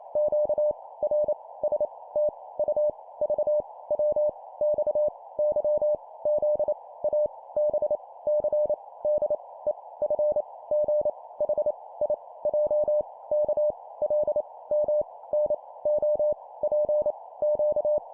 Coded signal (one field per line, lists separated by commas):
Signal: Morse code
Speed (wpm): 28 wpm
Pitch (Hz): 600 Hz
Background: none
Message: Q R S T U V W X Y Z A B C D E F G H I J K L M N O P Q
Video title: 25wpm Letters, cw morse code